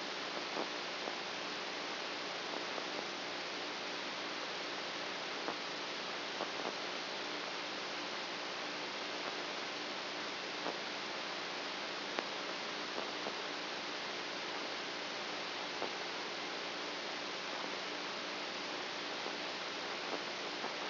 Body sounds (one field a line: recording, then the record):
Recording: brain microelectrode recording played as sound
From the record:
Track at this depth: outside the subthalamic nucleus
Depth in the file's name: 5.501 mm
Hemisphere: right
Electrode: 2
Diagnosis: Parkinson's disease